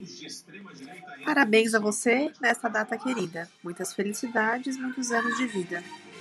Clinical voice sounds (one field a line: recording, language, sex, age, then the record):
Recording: short text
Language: Brazilian Portuguese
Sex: female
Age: 30 to 39 years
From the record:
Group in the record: control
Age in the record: 31 years